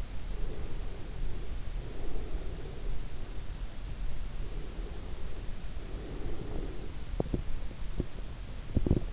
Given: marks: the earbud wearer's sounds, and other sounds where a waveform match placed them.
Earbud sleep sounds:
sounds in sleep by an in-ear microphone; breath, teeth grinding
0.24-3.11 s: breath
4.48-7.01 s: breath
7.01-9.13 s: teeth grinding

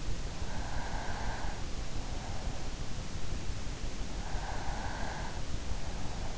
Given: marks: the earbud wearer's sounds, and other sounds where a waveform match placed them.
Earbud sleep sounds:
sounds in sleep by an in-ear microphone; breath
0.18-2.86 s: breath
3.78-5.89 s: breath

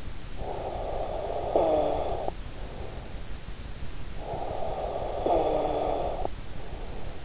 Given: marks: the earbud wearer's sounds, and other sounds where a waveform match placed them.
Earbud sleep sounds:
sounds in sleep by an in-ear microphone; snoring breath
0.23-3.33 s: snoring breath
3.94-7.25 s: snoring breath

